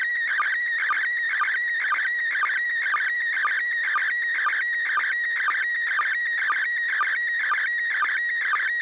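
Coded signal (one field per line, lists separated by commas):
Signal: SSTV (slow-scan television)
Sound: warbling, chirping tone over hiss, with a short low blip twice each second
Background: radio static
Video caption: First Image Transmission Begin Resulting Image Beginning of a Second Image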